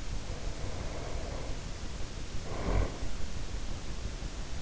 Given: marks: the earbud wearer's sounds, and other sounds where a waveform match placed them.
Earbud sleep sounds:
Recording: sounds in sleep by an in-ear microphone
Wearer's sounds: snoring breath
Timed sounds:
0.17-3.25 s: snoring breath

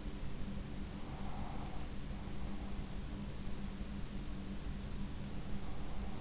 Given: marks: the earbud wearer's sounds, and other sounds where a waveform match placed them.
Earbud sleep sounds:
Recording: sounds in sleep by an in-ear microphone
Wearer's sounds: breath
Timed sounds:
0.75-2.06 s: breath

